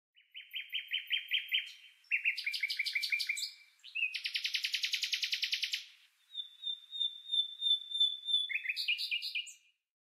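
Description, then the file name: Common nightingale singing a rich varied song of rapid repeated trills, buzzy rattles and a long pure whistled note, phrases separated by brief pauses, no other sounds. "Nachtigall"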